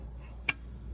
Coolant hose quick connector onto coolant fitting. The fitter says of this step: it down. Once we hear that click, that's how we know that it's fully in.